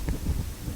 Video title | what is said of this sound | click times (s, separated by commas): How To Remove Or Install A Ceiling Fan | just like that until it snaps | 0.1 s